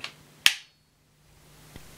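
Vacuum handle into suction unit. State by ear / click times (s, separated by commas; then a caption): seated / 0.5 s. The plastic handle of a Shark Rotator Lift Away NV340 upright vacuum cleaner, aligned with its blue catch and hooks, is pushed down into the suction unit. A light tick at 0.0 s is followed by a sharp, loud snap at 0.5 s, then near silence with a faint tap around 1.8 s. The handle clicks and seats in the suction unit.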